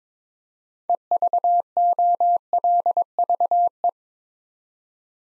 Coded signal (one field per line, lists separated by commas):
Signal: Morse code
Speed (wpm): 22 wpm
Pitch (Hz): 700 Hz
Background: none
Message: EVOLVE